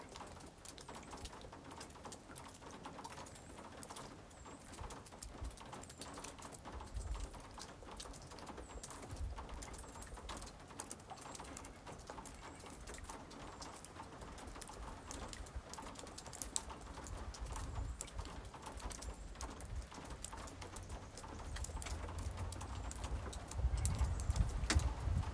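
Water drops patter densely and steadily, with scattered brighter ticks, while low rumbling bursts swell and grow louder toward the end.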